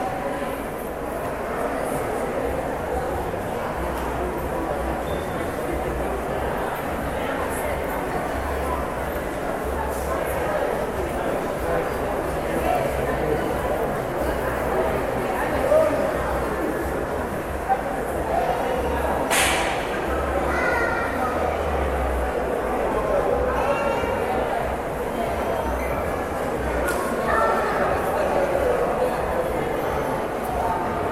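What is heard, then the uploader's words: Mall ambience with a steady, dense murmur of many voices talking at once, none standing out. A low rumble runs underneath throughout, and a few sharp clatters ring out near the middle, around twenty seconds in. MALL AMBIENT NOISE.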